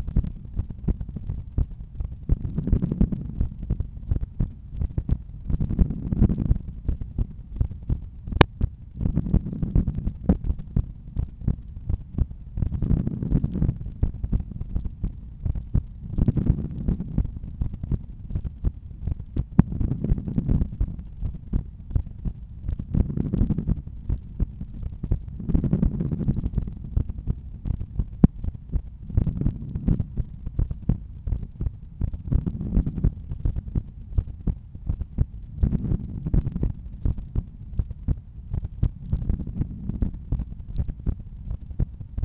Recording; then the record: heart sounds by stethoscope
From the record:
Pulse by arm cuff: 81 bpm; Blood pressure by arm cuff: 127/81 mmHg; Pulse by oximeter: 81 bpm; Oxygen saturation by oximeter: 97%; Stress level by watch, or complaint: low stress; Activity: after 1 min smoking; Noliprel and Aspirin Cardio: after pills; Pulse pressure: 46 mmHg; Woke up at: 6:55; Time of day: 21:24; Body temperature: 37.2 C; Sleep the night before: 7 h 39 min, score 71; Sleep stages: REM 24%, light 64%, deep 5%, awake 7%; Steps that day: 12000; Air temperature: 20 C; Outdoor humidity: 79%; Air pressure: 1008 hPa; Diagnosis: hypertension, treated with Noliprel and Aspirin Cardio 100 mg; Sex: male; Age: 53 years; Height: 174 cm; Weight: 81 kg